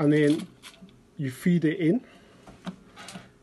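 A GE Carescape expiratory valve is angled and fed into its pocket on the ventilator housing while someone talks. Soft handling noises follow, with a brief faint tap near 2.7 s. The valve has not clicked into place or seated yet.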